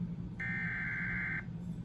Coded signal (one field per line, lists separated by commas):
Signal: Emergency Alert System (SAME) tones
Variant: header bursts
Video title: SVR on WNPT (Livestream EAS #11)